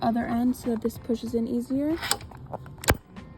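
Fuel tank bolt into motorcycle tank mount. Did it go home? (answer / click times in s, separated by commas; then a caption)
yes / 2.9 s. While the other end of a 2008 ZX6R motorcycle fuel tank is lifted so it pushes in easier, the fuel tank bolt is pushed into the tank mount. Someone talks over a few faint taps, then a sharp, loud click at 2.9 s as the bolt seats in place.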